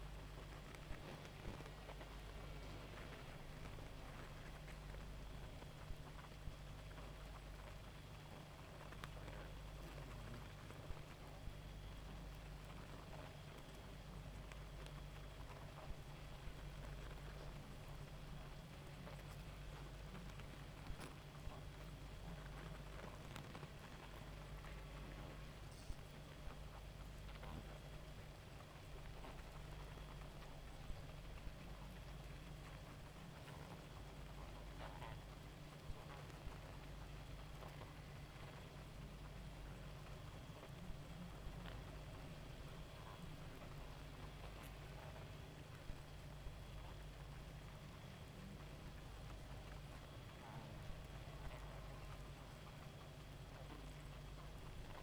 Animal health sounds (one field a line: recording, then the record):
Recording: honeybee colony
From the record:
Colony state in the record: active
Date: 28 July 2017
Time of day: 1:08